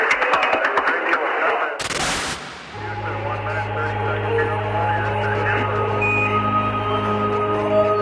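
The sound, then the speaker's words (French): The Houston press room applauds in a dense, crackling burst of clapping as the television image from Armstrong arrives, then a harsh rush of static cuts in and gives way to a steady low hum with faint voices. “L'image est là, vous entendez la salle de presse de Houston qui applaudit.”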